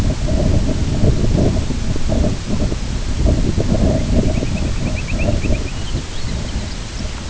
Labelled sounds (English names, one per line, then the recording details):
Purple Sandpiper
unidentified sound
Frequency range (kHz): Purple Sandpiper 1.9-3.1 kHz
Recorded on Arctic tundra, site IGLO-B, on 22 June 2018
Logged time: 21:59